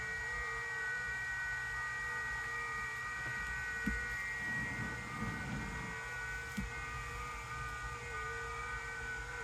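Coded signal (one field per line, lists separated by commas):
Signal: FT8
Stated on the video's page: FT8 operated with the QLOG program.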